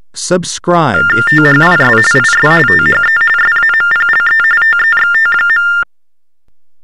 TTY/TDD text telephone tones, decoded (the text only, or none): THIS IS THE SAMPLE TEXT.